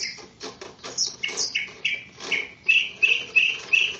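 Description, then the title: Greater green leafbird song: several scratchy notes, then a string of clear, evenly spaced whistled notes repeated about three times a second. "KICAU BURUNG CUCAK IJO"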